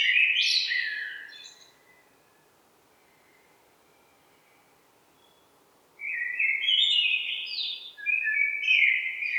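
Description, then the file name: Eurasian blackbird song: the end of one warbled phrase, several seconds of silence, then another fluty phrase breaking into brighter, higher squeaky notes. "Turdus merula"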